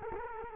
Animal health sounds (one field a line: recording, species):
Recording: mosquito wingbeat signal from an infrared sensor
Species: Culex quinquefasciatus